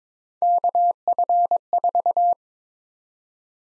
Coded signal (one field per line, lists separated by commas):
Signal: Morse code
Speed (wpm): 22 wpm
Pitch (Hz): 700 Hz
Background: none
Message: KF4